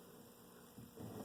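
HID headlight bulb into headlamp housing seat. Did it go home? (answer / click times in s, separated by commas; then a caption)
no / none. An HID headlight bulb is pushed into its headlamp housing seat on a Ford Flex while trying to line it up with the small locating notches. A steady low hum runs throughout, with brief low-frequency rubbing and shifting sounds rising around 0.8 s and again from 1.0 s to the end. The bulb does not engage the notches and has not seated or clicked yet.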